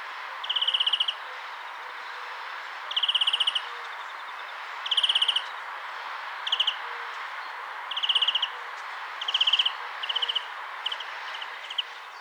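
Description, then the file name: European greenfinch calls: short bursts of rapid chirping notes repeated at intervals over a steady background hiss. "Chloris chloris"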